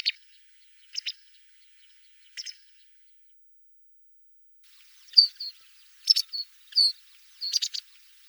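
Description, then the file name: Masked wagtail calls: short, sharp high chirps, sparse at first, then coming in quicker clustered bursts toward the end. "Trjasoguzka maskirovannaja"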